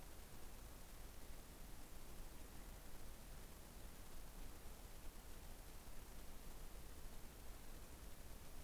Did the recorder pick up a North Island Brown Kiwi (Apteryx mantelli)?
no